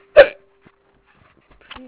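A single loud, sharp hiccup in an adult, with a sudden, forceful onset, quickly cut off, followed by near silence and a few faint later sounds. These are hard, involuntary hiccups that are not painful.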